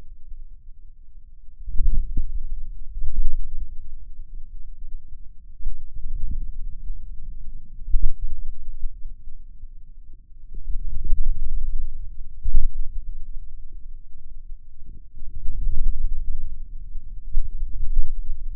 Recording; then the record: forearm muscle sounds (acoustic myography)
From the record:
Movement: hand closing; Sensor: system 2, bracelet of six BSWA MPA416 microphones around the upper forearm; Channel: 5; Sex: male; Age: 22 years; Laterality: right